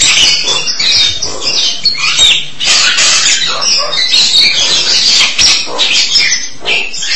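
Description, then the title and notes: Starling song: a dense, harsh chattering jumble of scratchy and squeaky notes running continuously. "suara burung jalak"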